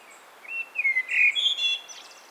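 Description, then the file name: Common blackbird singing one phrase of clear whistles that rises into a thin, high, twittering finish. "Turdus merula"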